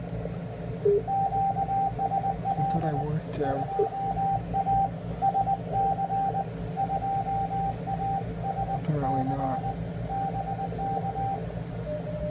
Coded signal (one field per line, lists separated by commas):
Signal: Morse code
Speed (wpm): 19 wpm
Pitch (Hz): 780 Hz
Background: speech, radio noise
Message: QSL 2A SC 2A S C BK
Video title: Field Day 2014: W8UM/W8PGW (Part 4/7)